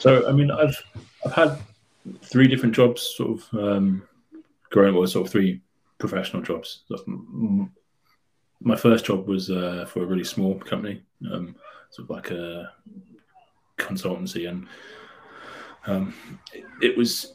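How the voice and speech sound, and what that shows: A man with a low voice speaks haltingly, repeating whole words and drawing out vowels and fillers between long silent gaps. This fits a mild adult stutter, present since childhood and treated with speech therapy, with word repetitions, prolongations and hesitant pauses breaking up otherwise clear speech. It worsens under pressure, such as answering the phone or presenting at work.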